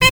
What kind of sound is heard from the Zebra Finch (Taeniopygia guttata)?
stack call